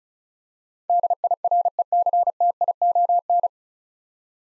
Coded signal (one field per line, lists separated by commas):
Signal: Morse code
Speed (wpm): 36 wpm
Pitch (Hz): 700 Hz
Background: none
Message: DIRECTION